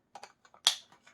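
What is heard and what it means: A hand turbo brush tool is pushed onto a vacuum cleaner's plastic hose or wand fitting after its aluminum handle has been removed. A few faint handling knocks lead up to one sharp, bright click at 0.7 s, followed by a short rattling tail and quiet taps. The tool is seated and solidly installed.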